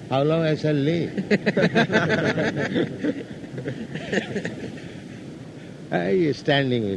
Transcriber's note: laughter